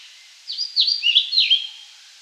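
European pied flycatcher delivering a single quick phrase of high, sliding, sweet notes that dip and rise, with light hiss in the background.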